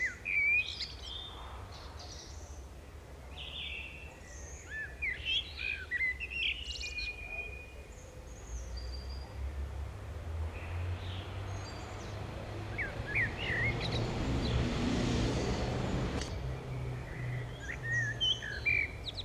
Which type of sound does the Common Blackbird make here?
song